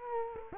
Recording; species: mosquito wingbeat signal from an infrared sensor; Culex quinquefasciatus